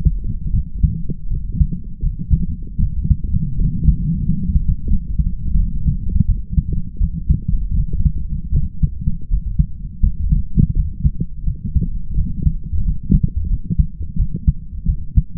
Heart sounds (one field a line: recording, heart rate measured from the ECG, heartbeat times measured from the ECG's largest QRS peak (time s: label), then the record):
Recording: heart sounds by stethoscope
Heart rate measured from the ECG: 84 bpm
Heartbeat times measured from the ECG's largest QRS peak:
0.51 s: heartbeat
1.28 s: heartbeat
2.01 s: heartbeat
2.79 s: heartbeat
3.56 s: heartbeat
4.24 s: heartbeat
4.88 s: heartbeat
5.56 s: heartbeat
6.26 s: heartbeat
6.98 s: heartbeat
7.75 s: heartbeat
8.51 s: heartbeat
9.28 s: heartbeat
10.01 s: heartbeat
10.74 s: heartbeat
11.44 s: heartbeat
12.15 s: heartbeat
12.83 s: heartbeat
13.48 s: heartbeat
14.17 s: heartbeat
14.86 s: heartbeat
From the record:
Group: healthy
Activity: light exercise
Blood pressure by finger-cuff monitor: 100/54 mmHg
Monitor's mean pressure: 67 mmHg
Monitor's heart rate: 83 bpm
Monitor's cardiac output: 6.5 L/min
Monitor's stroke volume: 79 mL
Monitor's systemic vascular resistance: 710 dyn s/cm5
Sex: male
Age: 20 years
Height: 167 cm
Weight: 61 kg